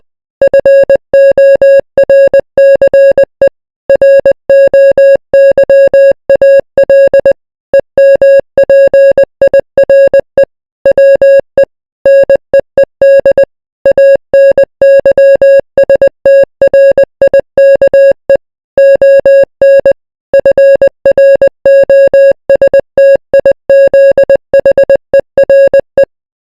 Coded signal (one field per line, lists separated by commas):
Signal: Morse code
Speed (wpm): 20 wpm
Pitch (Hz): 550 Hz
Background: music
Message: FORCE ROYAL EMPIRE WE NEED ANYSTRIKE ON FROSTIZHERE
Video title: the royal empire morse code